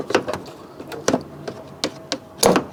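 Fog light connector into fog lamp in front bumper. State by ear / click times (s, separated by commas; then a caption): seated / 2.4 s. The wiring plug for the fog lamp on the front bumper of a 2016 Fiat 500 Lounge is worked in by feel, with a few short knocks and rattles around 0.2 s and 1.1 s. It is then tapped home, and a sharp click at 2.4 s, followed by a smaller one at 2.6 s, marks the connector seating in the fog lamp.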